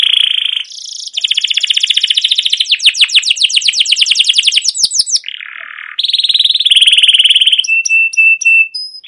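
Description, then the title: Canary singing continuously: a long, fast rolling trill of sharp, chirpy notes, then buzzy trills and high piping whistles. Long, continuous rolling canary song, used as a lure to stimulate young canaries to sing and learn the sound. "CUIT CUIT NGEROL LANGSUNG GACOR PANJANG Kenari Ini AMPUH utk Pancingan KENARI PAUD BELAJAR BUNYI"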